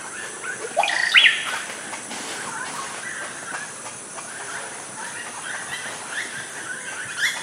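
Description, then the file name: Oropendola song: a loud, quick liquid phrase sweeping upward near the start, followed by a steady hiss and scattered faint chirps. "oropendola bird singing"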